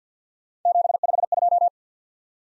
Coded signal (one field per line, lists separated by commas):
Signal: Morse code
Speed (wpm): 48 wpm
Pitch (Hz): 700 Hz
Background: none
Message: 752